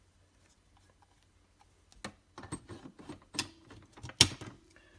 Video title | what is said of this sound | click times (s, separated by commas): Cleaning the ink cartridge for a FP Mailing Postbase Mini Franking Machine | the cartridge will click into place, | 4.2 s